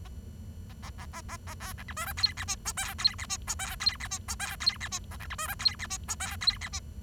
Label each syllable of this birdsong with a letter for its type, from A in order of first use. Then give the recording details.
A A A A A A A B C D E F G H I J K G H I J K G H I J K G H I A C D E F G H I J K G H I. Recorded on 23 June 2012 at 11:03. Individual gr41rd51